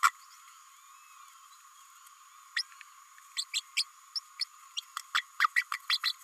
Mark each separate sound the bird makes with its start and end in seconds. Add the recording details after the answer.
0.03-0.11, 2.56-2.63, 3.36-3.44, 3.53-3.61, 3.77-3.84, 4.16-4.20, 4.41-4.44, 4.77-4.80, 5.14-5.22, 5.39-5.48, 5.56-5.64, 5.89-5.97, 6.03-6.12. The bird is a female. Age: 29 days. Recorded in a nest box in Venezuela. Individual 17B32A5